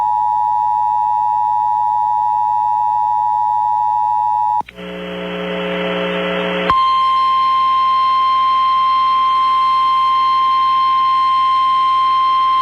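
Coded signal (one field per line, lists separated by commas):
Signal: Emergency Alert System (SAME) tones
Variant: 853 and 960 Hz attention tone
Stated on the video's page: Real EAS alerts received during a tornado outbreak.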